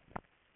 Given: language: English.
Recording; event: throat vibration sensor signal played as sound; swallow